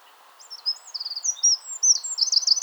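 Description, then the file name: Eurasian wren song fragment: fast, high twittering notes with short buzzy trills, building toward the end. "Troglodytes troglodytes"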